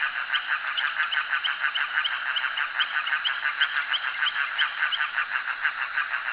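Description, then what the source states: Frogs calling in a steady chorus, honking croaks repeated about three times a second. Frogs calling at a jetty.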